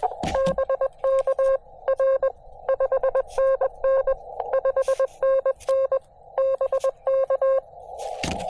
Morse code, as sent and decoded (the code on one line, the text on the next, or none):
-... -.- / .-. / ..... -. -. / ..... -. -. / -... -.-
BK R 5NN 5NN BK